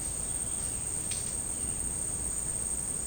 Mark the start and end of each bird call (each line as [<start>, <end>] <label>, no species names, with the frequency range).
[0.17, 0.86] bird call (1.6-4.5 kHz)